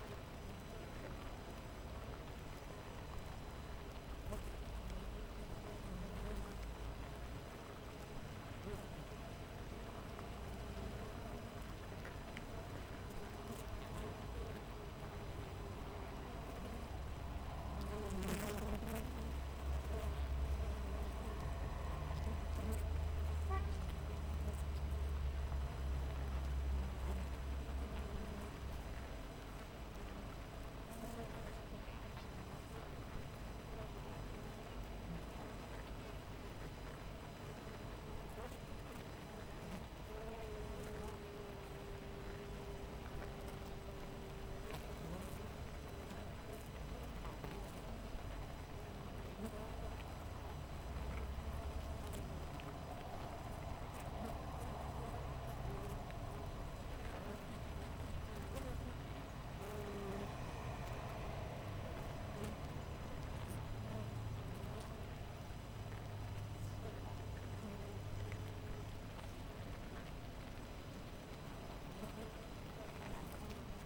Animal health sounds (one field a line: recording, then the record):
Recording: honeybee colony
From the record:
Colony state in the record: missing queen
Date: 14 July 2017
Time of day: 7:02